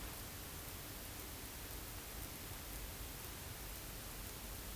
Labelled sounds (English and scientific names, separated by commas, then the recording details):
none
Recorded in France